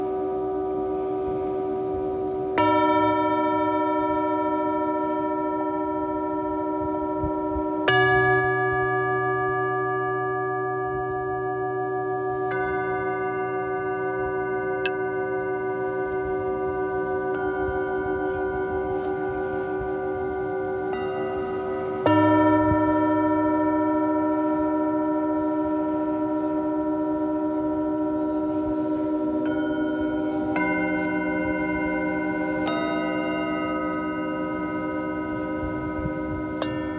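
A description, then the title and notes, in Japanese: A singing bowl is struck several times, around 3, 8, 12, 22 and 31 seconds, each strike blooming into long, sustained ringing tones that overlap and slowly fade. The sound stays steady, with a warm low hum beneath shimmering higher overtones and no other noises. メキシコから シンギングボウルのサウンドヒーリング。ビーチでライブのアーカイブです。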